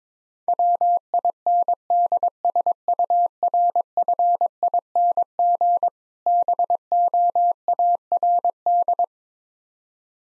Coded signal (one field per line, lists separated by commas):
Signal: Morse code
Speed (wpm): 22 wpm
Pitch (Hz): 700 Hz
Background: none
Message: WINDSURFING BOARD